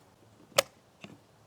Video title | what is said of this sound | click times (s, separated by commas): How to Remove / Install an Ego String Trimmer Head | And you're going to press it in place with 2 hands until you hear it click into place. | 0.6 s